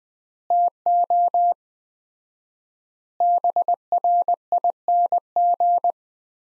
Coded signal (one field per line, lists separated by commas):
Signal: Morse code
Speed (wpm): 20 wpm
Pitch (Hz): 700 Hz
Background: none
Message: TO BRING